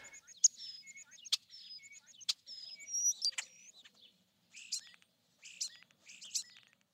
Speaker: But in this case, the starlings who are exposed to that contaminant again sing more complex and, if you will, sexy songs that the females seem to like better.